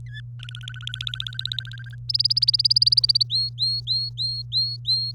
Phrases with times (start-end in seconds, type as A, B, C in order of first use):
0.06-0.20 A, 0.39-1.95 B, 2.09-3.23 C, 3.30-5.13 D